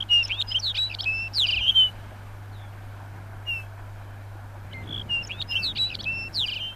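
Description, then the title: Lapland bunting singing two short, rapid tinkling phrases of varied high notes separated by a pause with one lone chirp, a constant low hum underneath. "Viikon luontoääni: Lapinsirkku"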